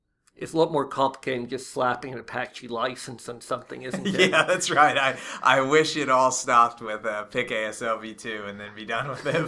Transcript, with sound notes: It's a lot more complicated than just slapping an Apache license on something, isn't it?
[laughs] Yeah, that's right. I wish it all stopped with pick ASLv2 and then be done with it.